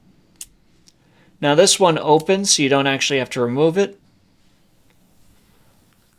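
The hinged cover of a plastic lens cap on an Olympus TG-6 camera lens is flipped open, popping open with a sharp click at 0.4 s, followed by a fainter tick at 0.9 s. Someone then talks from about 1.4 to 3.9 s, and the clip ends in near silence. The cover is released and open.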